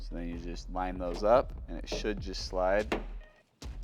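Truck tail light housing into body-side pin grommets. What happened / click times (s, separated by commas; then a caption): The light housing is being lined up with its mounting holes; nothing has seated yet / none. An AlphaRex Luxx LED tail light assembly is being lined up on a 2nd Gen Toyota Tacoma so its plastic locating pins at the top and bottom can slide into the body-side mounting grommet holes. Someone talks throughout, and after a short pause two brief faint knocks come near the end. Nothing has seated or clicked yet.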